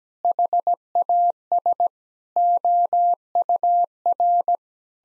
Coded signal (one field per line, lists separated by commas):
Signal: Morse code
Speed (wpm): 17 wpm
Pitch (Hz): 700 Hz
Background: none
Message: HAS OUR